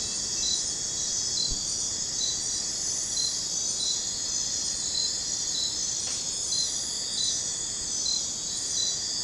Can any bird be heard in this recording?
no